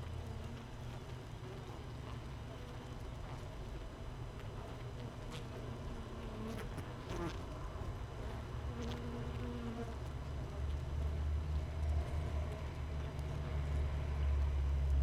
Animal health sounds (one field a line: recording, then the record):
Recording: honeybee colony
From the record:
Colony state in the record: missing queen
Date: 31 May 2018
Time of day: 6:05